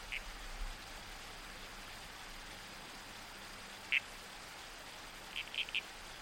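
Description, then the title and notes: Red-crowned toadlet, a handful of sharp short croaks, scattered singly then a quick cluster near the end, over steady creek and wind hiss. Night soundscape in the bush with a babbling creek and trees swaying in the wind. "Soundscape - Red-Crowned Toadlet. the babbling creek. the whispered sway of trees in the wind. the murmurs of the bush. Nocturnal Worlds. Australian Museum"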